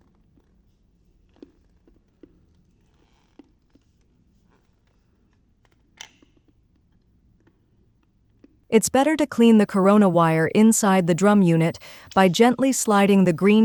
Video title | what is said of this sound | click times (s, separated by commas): Replace Toner Brother MFC-L2960 DCP-L2600 MFC-L2800 TN-2510 | Push the new toner into the old drum unit until it locks into place. | 6.0 s